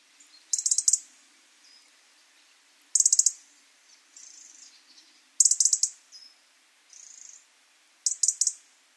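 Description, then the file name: European robin tick calls, short bursts of rapid sharp high ticks about every two and a half seconds, with faint thin high notes between them. "Erithacus rubecula"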